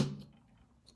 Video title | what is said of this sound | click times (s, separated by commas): LIVE AT FAITH & GIGGLES GIFT SHOP - Gingersnaps, George Bailey & Jesus | see how that snapped right in there | 0.9 s